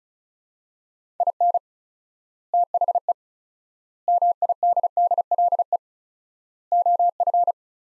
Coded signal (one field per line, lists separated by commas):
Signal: Morse code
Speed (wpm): 34 wpm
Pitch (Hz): 700 Hz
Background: none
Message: IN THE MIDDLE OF